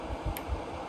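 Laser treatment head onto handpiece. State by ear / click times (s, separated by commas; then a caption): seated / 0.4 s. A laser treatment head is slid down onto the laser handpiece and turned until it twist-locks. A short, bright click at 0.4 s rises above a low steady hum and some soft low thumps of handling. The head is now locked in place and no longer loose.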